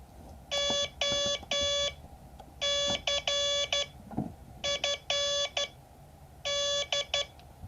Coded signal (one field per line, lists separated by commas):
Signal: Morse code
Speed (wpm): 11 wpm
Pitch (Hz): 570 Hz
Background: none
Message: OCFD